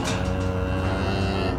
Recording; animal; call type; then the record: contact call of a hoofed animal; cattle; low-frequency (closed-mouth) or high-frequency (open-mouth) call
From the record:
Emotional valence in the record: negative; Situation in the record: full separation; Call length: 1.59 s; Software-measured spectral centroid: 2090 Hz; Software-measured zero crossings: 1460 a second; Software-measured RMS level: -24 dBFS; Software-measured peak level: -13 dBFS